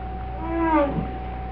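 Whale call: one tonal moan about half a second long, rich in harmonics, falling in pitch at its end, over a steady low hum.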